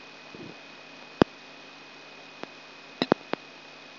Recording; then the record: brain microelectrode recording played as sound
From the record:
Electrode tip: outside the subthalamic nucleus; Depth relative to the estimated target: -6 mm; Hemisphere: left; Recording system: AlphaMap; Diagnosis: Parkinson's disease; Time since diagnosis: 6 years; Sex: female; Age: 40 years